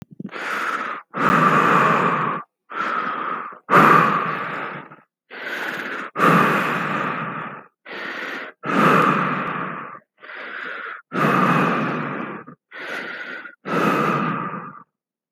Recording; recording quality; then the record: deep breathing; excellent, no background noise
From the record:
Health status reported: exposed to COVID-19, no respiratory illness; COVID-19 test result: negative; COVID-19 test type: RT-PCR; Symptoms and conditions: sore throat, asthma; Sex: male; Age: 37 years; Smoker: no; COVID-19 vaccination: both doses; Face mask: worn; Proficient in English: no